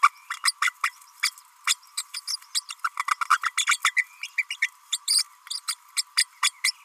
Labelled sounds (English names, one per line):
Green-rumped Parrotlet babbling